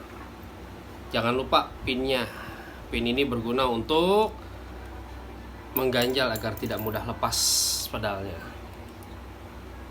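A locking pin is being fitted to a Raze 67 quick-release pedal on a child's bike crank so the pedal does not come loose. Someone talks over quiet handling noise, with a brief hiss-like burst near 7.5 seconds. Nothing has seated or clicked yet.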